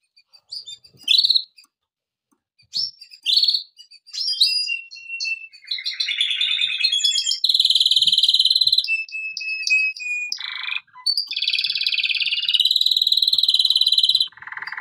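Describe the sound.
Canary pouring out a largely continuous song mixing buzzy rolls, rapid trills and clear whistled notes, changing tour every second or two.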